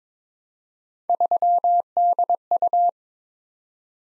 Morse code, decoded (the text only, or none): 3DU